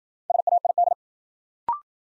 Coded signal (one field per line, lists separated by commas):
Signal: Morse code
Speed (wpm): 53 wpm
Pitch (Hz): 700 Hz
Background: none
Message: SAID